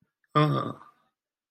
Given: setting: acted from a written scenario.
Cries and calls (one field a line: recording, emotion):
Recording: vocal sound without words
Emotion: shame